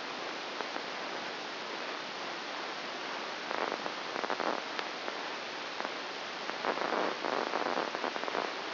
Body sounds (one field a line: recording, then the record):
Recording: brain microelectrode recording played as sound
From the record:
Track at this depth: inside the subthalamic nucleus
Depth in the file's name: 2.004 mm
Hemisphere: left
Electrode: 1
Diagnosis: Parkinson's disease